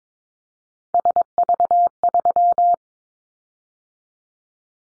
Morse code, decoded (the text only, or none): SV3